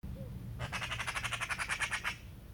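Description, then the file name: Eurasian magpie giving a rapid, dry rattling chatter of about fifteen harsh notes over one and a half seconds, over a low steady hum. "Pica pica"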